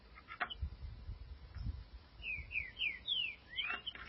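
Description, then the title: Green-winged saltator song: a short run of faint, slurred whistled notes, mostly falling, over a low rumbling background. "Trinca Ferro"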